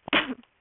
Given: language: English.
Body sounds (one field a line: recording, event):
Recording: throat vibration sensor signal played as sound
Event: cough